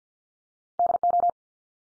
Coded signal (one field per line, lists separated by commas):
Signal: Morse code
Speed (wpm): 48 wpm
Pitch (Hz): 700 Hz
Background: none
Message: DO